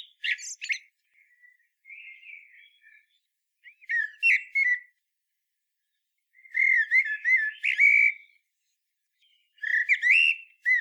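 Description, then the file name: Common blackbird song in separate phrases of melodious whistled warbling with sharp high squeaks, with quiet gaps of a second or two between phrases. "chant merle noir"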